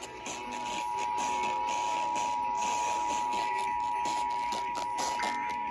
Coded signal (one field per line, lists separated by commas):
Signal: Emergency Alert System (SAME) tones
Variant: 853 and 960 Hz attention tone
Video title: The Last GA RMT of 2021 (EAS #529-543)